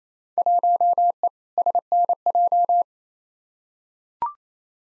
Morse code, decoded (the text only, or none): 1E SNJ